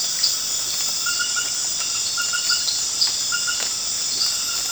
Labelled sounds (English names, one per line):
none